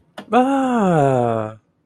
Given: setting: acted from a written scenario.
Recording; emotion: vocal sound without words; positive surprise